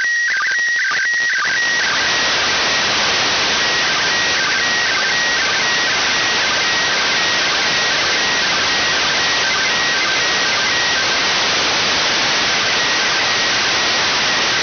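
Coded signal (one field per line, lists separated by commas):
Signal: SSTV (slow-scan television)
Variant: PD120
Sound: brief steady whistle with quick tone drops, then loud hiss with faint warbling tones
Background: radio static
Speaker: this one, so use Apollo Soyuse 50th anniversary.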